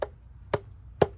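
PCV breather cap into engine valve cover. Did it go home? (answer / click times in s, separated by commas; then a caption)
no / none. A PCV breather cap fitted with O-rings is being pressed into an engine valve cover and struck with the palm. Three sharp smacks land at about 0.0, 0.5 and 1.0 seconds, and each hit is louder than the last. The cap is handled but not yet home, and nothing has seated or clicked yet.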